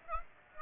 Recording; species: mosquito wingbeat signal from an infrared sensor; Aedes aegypti